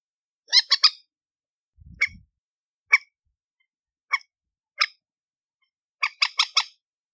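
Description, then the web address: Chicken calling with abrupt, rasping squawks: a quick triplet, several spaced single notes, then a final run of four, plus a low rumble once. "aswat Dajaj Alma"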